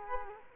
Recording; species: mosquito wingbeat signal from an infrared sensor; Culex quinquefasciatus